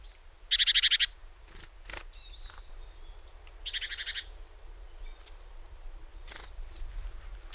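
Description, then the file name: Great tit churring in two quick, buzzy, pulsed rattles a few seconds apart, with soft chips and thin notes in between. "Parus major"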